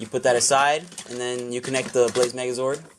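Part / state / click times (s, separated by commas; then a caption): plastic toy robot connected into a larger toy robot body / not seated / none. Someone talks while handling a plastic Power Rangers Super Ninja Steel Blaze Megazord toy robot, getting ready to connect it into the larger Lion Fire Megazord toy robot body to combine them. No clear click or impact sounds are heard. The piece has not seated or clicked into place yet.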